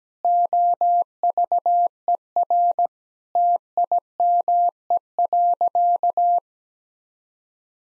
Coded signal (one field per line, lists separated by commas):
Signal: Morse code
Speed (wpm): 17 wpm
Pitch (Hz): 700 Hz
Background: none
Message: OVER TIME.